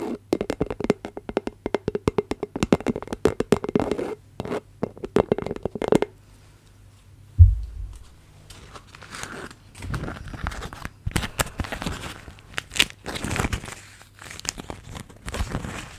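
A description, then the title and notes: Beeswax wrap is worked close up: for the first six seconds, quick, crisp taps and crinkles come in a dense, uneven run. After a short pause and a soft low thump, scratchy, crackling rustles and sticky peeling sounds fill the rest. ASMR Beeswax Wrap Triggers INTENSE TINGLING! Tapping, Scratching, Sticky Sounds.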